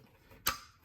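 A wiring connector is plugged onto the MAP sensor of a 2013 Dodge Journey 3.6L SXT AWD during reinstallation of the upper intake, with the wiring kept clear of the sensor. After quiet low-level background, a single sharp click sounds at 0.5 s, bright across the high frequencies and fading over the next few tenths of a second. The connector clips down and is seated.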